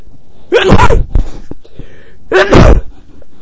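Two loud, explosive sneeze bursts about two seconds apart from an adult man, each a sharp noisy blast, with a brief sniff-like sound between them. An ordinary sneeze.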